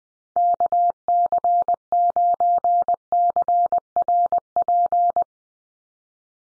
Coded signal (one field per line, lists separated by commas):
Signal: Morse code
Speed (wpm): 20 wpm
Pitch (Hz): 700 Hz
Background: none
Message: KC9CRP